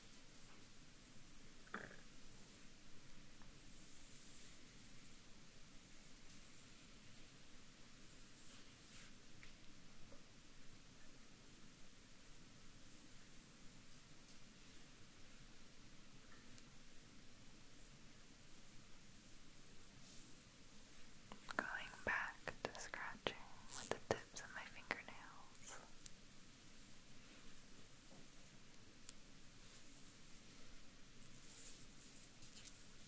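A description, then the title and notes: Long fingernails scratch across skin over a steady, soft low hiss. Strokes are faint and sparse for most of the clip, with a few isolated scrapes early on, then a denser run of louder, scratchy strokes around 21 to 26 seconds. ASMR Long nail back scratch.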